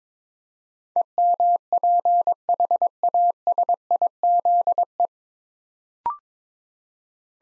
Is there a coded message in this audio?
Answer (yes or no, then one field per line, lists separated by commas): yes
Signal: Morse code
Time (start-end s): 1.0-5.1 s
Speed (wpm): 21 wpm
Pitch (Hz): 700 Hz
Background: none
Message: EMPHASIZE